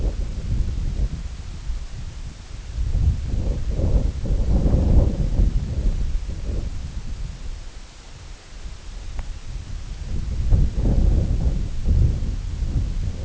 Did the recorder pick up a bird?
no